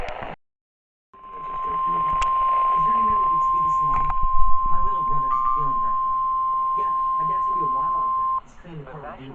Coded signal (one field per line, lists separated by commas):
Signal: Emergency Alert System (SAME) tones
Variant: 1050 Hz attention tone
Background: speech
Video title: EAS Alerts